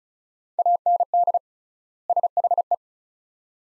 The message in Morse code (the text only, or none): AND SHE